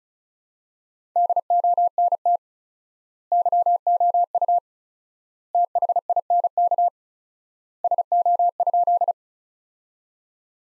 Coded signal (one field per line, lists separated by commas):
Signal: Morse code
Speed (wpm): 36 wpm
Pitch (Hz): 700 Hz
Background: none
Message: DONT YOU THINK SO?